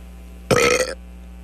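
A single short, dry-sounding voiced belch from an adult man lasts about half a second over a faint line hum, after drinking soda too fast.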